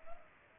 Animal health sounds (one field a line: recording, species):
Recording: mosquito wingbeat signal from an infrared sensor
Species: Culex pipiens